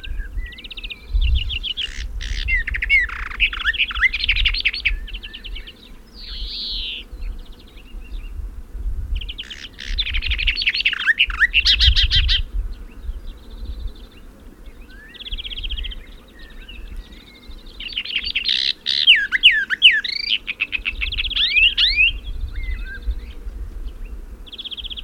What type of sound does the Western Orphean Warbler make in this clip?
song